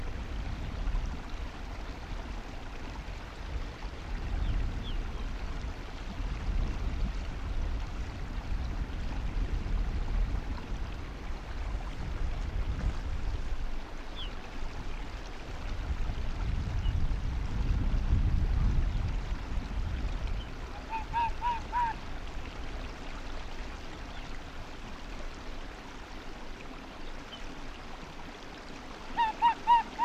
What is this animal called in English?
Arctic Fox